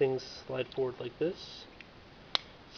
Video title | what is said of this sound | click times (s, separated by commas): Bumblebee RtS Reveal the Shield Transformers figure review | snap into place pickles here | 2.3 s